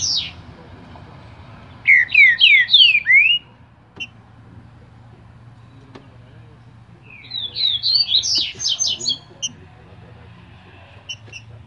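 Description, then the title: Green-winged saltator song: a run of four ringing downslurred whistles, a pause with soft ticks, then a fast warbling phrase of high whistles. Singing trinca-ferro ('cantador'); recording labelled 'Voz 07'. "Canto De Trinca Ferro Voz 07. TRINCA FERRO CANTADOR"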